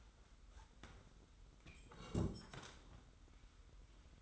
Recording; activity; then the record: daily activity, microphone in the room; sit down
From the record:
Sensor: 3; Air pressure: 990.5 hPa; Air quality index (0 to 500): 171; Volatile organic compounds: 1000 ppm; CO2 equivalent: 5522 ppm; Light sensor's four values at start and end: 44/103/42/40 and 44/103/42/40